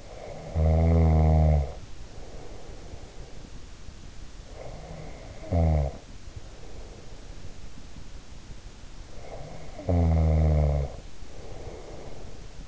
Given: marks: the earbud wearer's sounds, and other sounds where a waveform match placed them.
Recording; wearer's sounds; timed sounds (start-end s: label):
sounds in sleep by an in-ear microphone; snoring breath
0.00-3.62 s: snoring breath
4.45-7.82 s: snoring breath
9.05-12.68 s: snoring breath